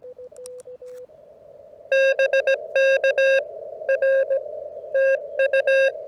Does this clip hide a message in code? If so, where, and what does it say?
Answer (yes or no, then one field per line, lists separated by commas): yes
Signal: Morse code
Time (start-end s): 1.9-5.9 s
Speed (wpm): 17 wpm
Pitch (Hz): 540 Hz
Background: none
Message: BK R TU